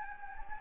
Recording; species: mosquito wingbeat signal from an infrared sensor; Anopheles gambiae